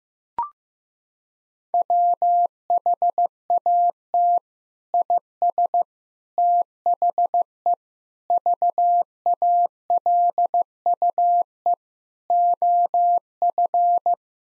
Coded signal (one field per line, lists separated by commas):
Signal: Morse code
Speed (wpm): 15 wpm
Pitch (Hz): 700 Hz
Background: none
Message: WHAT IS THE VALUE OF